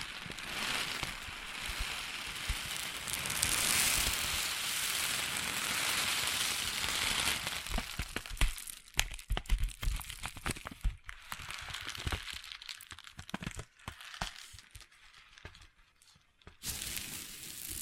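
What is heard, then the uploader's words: Crunchy slime is squeezed and worked, giving a dense, continuous crackle of tiny pops for the first eight seconds or so. After that the sound breaks into separate sharp crunches and snaps with short quiet gaps between them, until a steadier crackling returns at the very end. ASMR Satisfying Crunchy Slime (No Talking).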